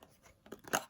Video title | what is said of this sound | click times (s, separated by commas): Welltech All Weather Radio Cassette Player. Shower Radio Playback Test | then do you hear that click? That's not been opened in some while. | 0.8 s